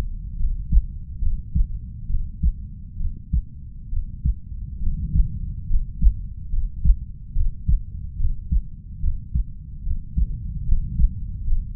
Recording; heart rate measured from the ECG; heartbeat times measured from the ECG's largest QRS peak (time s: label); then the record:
heart sounds by stethoscope; 70 bpm
0.36 s: heartbeat
1.19 s: heartbeat
2.06 s: heartbeat
2.97 s: heartbeat
3.89 s: heartbeat
4.79 s: heartbeat
5.66 s: heartbeat
6.49 s: heartbeat
7.32 s: heartbeat
8.16 s: heartbeat
9.00 s: heartbeat
9.83 s: heartbeat
10.64 s: heartbeat
11.43 s: heartbeat
From the record:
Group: healthy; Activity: rest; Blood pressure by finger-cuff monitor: 111/60 mmHg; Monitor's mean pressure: 74 mmHg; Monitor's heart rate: 71 bpm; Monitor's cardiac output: 5.6 L/min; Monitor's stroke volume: 82 mL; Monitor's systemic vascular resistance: 960 dyn s/cm5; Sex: female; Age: 32 years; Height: 168 cm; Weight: 61.9 kg